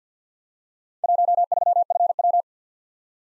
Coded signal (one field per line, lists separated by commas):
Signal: Morse code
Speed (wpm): 53 wpm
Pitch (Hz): 700 Hz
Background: none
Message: 13FW